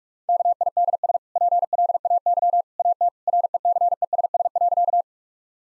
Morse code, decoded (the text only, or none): KIDS PLAY AT RECESS.